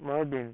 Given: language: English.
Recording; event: throat vibration sensor signal played as sound; speech